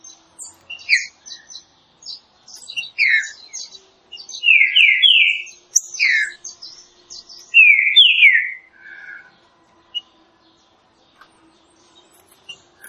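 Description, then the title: Green-winged saltator song, loud downslurred whistles, some in quick groups of two or three, then fading to near silence. Classic song style, presented as training audio for the bird. "Canto Clássico Trinca Ferro TREINAMENTO"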